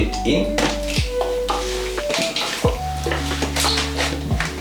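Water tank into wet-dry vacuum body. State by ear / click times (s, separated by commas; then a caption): seated / 4.4 s. A plastic water tank on a JONR ED12 wet-dry vacuum is twisted into its mount on top of the vacuum body until it locks, with a click at 4.4 s confirming it is seated. Someone talks throughout over background music, with a few small handling knocks and taps.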